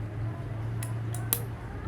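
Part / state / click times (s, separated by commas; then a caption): RJ45 plug crimped onto a LAN cable in a crimping tool / seated / 1.3 s. An RJ45 plug is crimped onto the second end of a LAN cable in a crimping tool, over a steady low hum. Two faint ticks at about 0.8 and 1.2 seconds lead to one sharp crimper click at 1.3 seconds, and the connector is seated. The tool is squeezed only until it clicks once, because pressing harder can break the connector.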